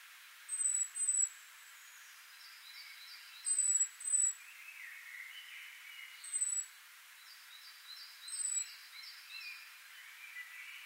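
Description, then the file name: Great tit calls: very high, thin single or paired notes repeating every two to three seconds, with short runs of quick, slightly lower notes between them. "Parus major"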